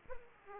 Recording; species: mosquito wingbeat signal from an infrared sensor; Aedes aegypti